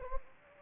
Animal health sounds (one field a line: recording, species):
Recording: mosquito wingbeat signal from an infrared sensor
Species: Anopheles gambiae